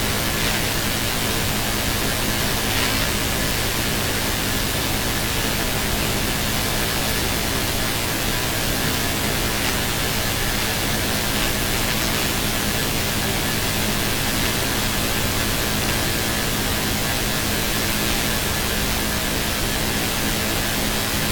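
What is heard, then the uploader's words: Sounds of the power grid: a steady, dense hiss fills the whole 21 seconds without any change in level. Beneath it, low electrical hum tones hold constant, and a few faint ticks surface now and then in the upper hiss. Sounds of the grid at the onset of a G1 magnetic storm. This recording covers the moment the planetary K index surged as the earth's magnetic field started to see the effects of the preceding CME.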